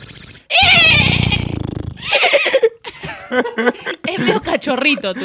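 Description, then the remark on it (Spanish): A person imitates a horse whinny with a loud, quavering, high-pitched cry lasting over a second that trails downward, followed by someone talking. “Es medio cachorrito tu caballo. Medio lo que me parece potrillín.”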